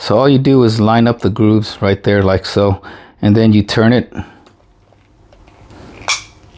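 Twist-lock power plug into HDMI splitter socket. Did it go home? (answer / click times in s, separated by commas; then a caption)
yes / 6.1 s. Someone talks while lining up the grooves of a twist-lock power plug with an Orei 8K HDMI splitter's socket and turning it. After some faint handling noise, a sharp snap at 6.1 s marks the twist-lock connector locking into place.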